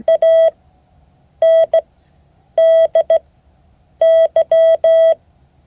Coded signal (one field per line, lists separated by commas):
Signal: Morse code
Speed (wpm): 15 wpm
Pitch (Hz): 650 Hz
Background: none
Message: ANDY